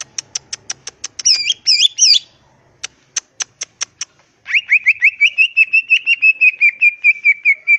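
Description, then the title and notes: Leafbird song: crisp repeated ticks, a loud looping whistle phrase, more ticks, then a long rapid chatter of downslurred notes. Vigorously singing (gacor), melodious leafbird (cucak ijo) in ngentrok style with crest raised (jambul nembak); recording intended as a master track for training other cucak ijo. "Cucak Ijo Gacor Ngentrok Jambul Nembak. suara burung cucak ijo gacor, merdu cocok buat masteran burung cucak ijo"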